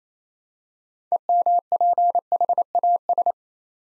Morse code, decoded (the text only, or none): EMPHAS